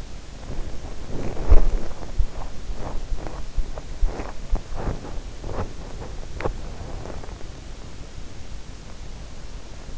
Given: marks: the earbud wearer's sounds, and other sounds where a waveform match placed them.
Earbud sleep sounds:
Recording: sounds in sleep by an in-ear microphone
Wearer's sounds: body movement, teeth grinding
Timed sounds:
0.00-7.73 s: body movement
3.83-6.87 s: teeth grinding

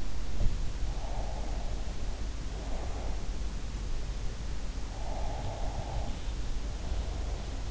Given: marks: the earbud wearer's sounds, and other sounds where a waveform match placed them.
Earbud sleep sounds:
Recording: sounds in sleep by an in-ear microphone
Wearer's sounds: breath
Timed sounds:
0.00-3.52 s: sound from someone else or the room
0.86-3.52 s: breath
5.01-7.71 s: breath

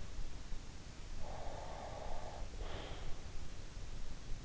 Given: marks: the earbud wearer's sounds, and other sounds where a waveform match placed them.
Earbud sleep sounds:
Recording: sounds in sleep by an in-ear microphone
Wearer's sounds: breath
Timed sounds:
1.28-3.07 s: breath

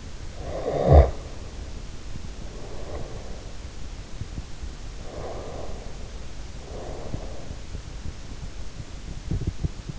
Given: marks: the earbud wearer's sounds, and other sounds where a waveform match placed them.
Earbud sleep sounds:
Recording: sounds in sleep by an in-ear microphone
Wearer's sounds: snoring breath, breath, teeth grinding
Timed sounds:
0.00-1.57 s: snoring breath
0.32-3.80 s: breath
4.06-4.71 s: teeth grinding
4.87-7.78 s: breath
9.14-9.99 s: teeth grinding

